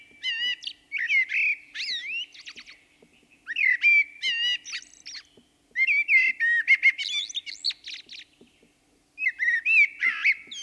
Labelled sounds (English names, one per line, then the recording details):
Song Thrush song
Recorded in the wild
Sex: male
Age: adult
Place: Breitenbach, Baden-Württemberg, DE
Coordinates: 49.0417, 10.2128
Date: 1971-04-28
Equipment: Uher Report 4200, Scotch-Classic 19cm, AKG D190C in Doppelparabolreflektoren
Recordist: Krey, Winfried